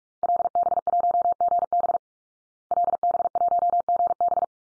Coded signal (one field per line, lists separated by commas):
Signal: Morse code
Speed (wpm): 44 wpm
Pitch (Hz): 700 Hz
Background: none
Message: LB1GB LB1GB